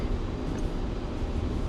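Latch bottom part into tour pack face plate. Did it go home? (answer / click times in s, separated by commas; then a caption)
no / none. The bottom part of the latch hardware is hooked into the lower hole of a tour pack face plate and lined up with the top hole, ready to be pushed down. Only a steady low rumbling noise is heard, with no distinct sounds, and nothing has seated or clicked yet.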